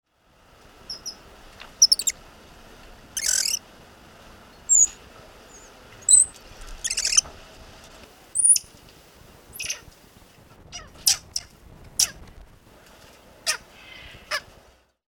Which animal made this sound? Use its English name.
Common Squirrel Monkey